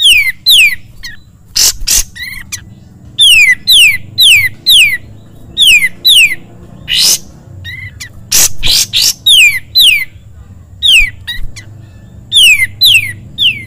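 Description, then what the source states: Sooty-headed bulbul song: descending whistled notes in short series mixed with loud harsh bursts and brief chirps, over a low background hum. Masteran (training song) of the kapas tembak.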